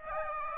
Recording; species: mosquito wingbeat signal from an infrared sensor; Aedes aegypti